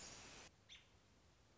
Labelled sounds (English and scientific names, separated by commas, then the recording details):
American Robin (Turdus migratorius)
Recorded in Sonoma County, California